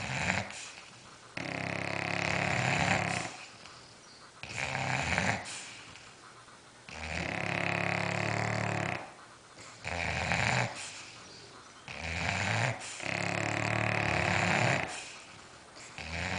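Loud, rattling snores of two dogs, each lasting one to two seconds, alternating with softer breathy exhales. Roughly five or six snore cycles in about sixteen seconds, with the two animals' snores overlapping in an uneven rhythm.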